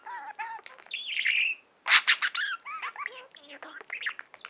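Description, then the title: Budgerigar warbling chatter, a run of short whistled notes, a buzzy rasp, then a loud harsh burst followed by rapid varied chirps. "Budgie Sounds"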